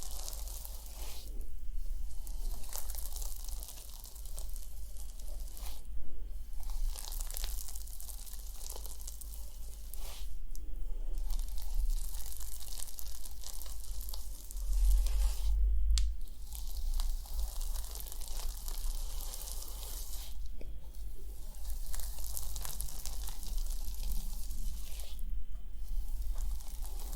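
A scalp massage with scratching and hair brushing: dense, bright scratchy and crinkly strokes run almost continuously, with brief quieter gaps around 2, 4, 10 and 20 seconds. A steady low hum sits underneath, and a louder rubbing burst comes near 15 seconds.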